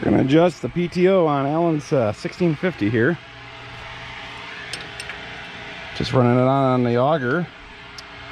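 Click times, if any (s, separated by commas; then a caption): 8.0 s. Someone talks while the PTO clutch lever on an Oliver 1650 tractor is thrown over centre to run the auger, with a steady running hum and a few faint ticks in the pauses. The metal lever snaps over with only a weak, light click at 8.0 s rather than a tight snap, showing the worn PTO clutch is out of adjustment and not engaging firmly.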